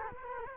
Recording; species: mosquito wingbeat signal from an infrared sensor; Culex quinquefasciatus